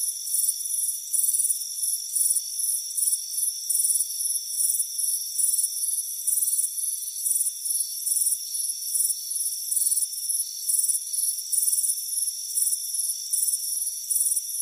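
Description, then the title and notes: Cricket chirps, quick and high, closely spaced throughout, above a constant high-pitched drone. Crickets chirping on a warm afternoon on a front porch. "Soothing Crickets Chirping Sound. It's a warm afternoon as you relax in a hammock on the front porch. Deep Sleep Sounds"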